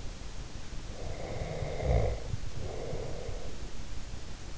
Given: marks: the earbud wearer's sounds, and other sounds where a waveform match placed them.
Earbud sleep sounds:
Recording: sounds in sleep by an in-ear microphone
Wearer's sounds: snoring breath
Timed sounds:
1.03-3.95 s: snoring breath

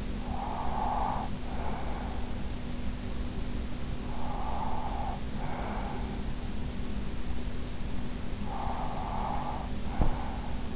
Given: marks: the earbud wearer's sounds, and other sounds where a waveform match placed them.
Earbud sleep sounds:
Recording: sounds in sleep by an in-ear microphone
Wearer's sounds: breath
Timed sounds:
0.00-2.38 s: breath
4.03-6.94 s: breath
8.36-10.75 s: breath

